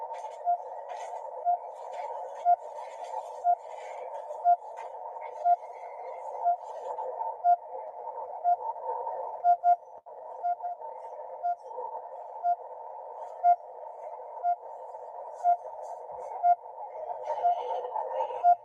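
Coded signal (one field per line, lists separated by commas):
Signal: radio time signal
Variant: RWM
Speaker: Listen about what I mean time signal. Pretty good signal. RWM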